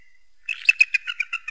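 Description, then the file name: Eagle producing a short series of sharp, high piping notes in quick succession after a faint thin whistle. Eagle hunting prey. "tieng dai bang san moi"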